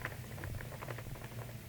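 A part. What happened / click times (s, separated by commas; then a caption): The mounting plate is latched but not fully locked and rattles when moved / 0.1 s, 0.4 s, 0.6 s, 0.8 s, 0.9 s, 1.0 s. A camera quick-release plate, latched into the head clamp of a $35 aluminum tripod but not pushed fully in, is wiggled and gives sharp rattling taps at 0.1, 0.4, 0.6, 0.8, 0.9 and 1.0 seconds over a low hum. The plate is latched but not locked and rattles because it has to be pushed further in to lock.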